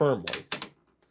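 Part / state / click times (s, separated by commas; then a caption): plastic lens into lens holder of a drawing kit / seated / 0.6 s. Someone talks briefly as the plastic lenses of a Crayola Sketch Wizard drawing kit are pulled firmly away from the lens holder, giving a few sharp plastic clatters. A lens snaps into position on the holder with a click at 0.6 s, and it is seated.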